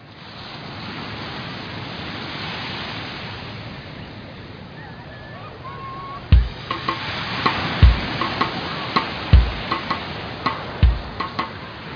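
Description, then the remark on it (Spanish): A steady, hissing rush of ocean waves, part of a jingle's music, washes through the whole stretch, and about halfway in a series of sharp, irregular knocks and clicks joins over the surf. “¿La música de la agenda con Olas?”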